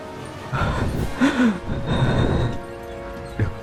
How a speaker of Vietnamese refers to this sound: Thở sâu nào. 1, 2, 3, hít thở đi.